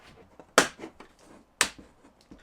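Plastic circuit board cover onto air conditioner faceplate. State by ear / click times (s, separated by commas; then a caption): seated / 0.6 s, 1.6 s. A plastic circuit board cover is snapped onto the back of an air conditioner faceplate, giving two loud, sharp plastic snaps at 0.6 s and 1.6 s among faint handling noises. The cover is seated in place.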